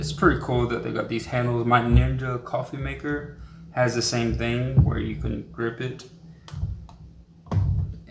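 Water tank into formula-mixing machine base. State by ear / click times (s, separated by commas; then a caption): seated / 7.5 s. The plastic water tank of a formula-mixing machine is tilted slightly and pushed into its seat on the machine base while someone talks. A few light knocks come just before the sharp snap at 7.5 s, when the tank clicks firmly into place.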